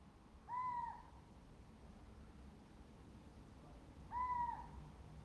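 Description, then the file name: Little owl repeating a clear call twice, about three and a half seconds apart, over faint low background noise. "athene noctua"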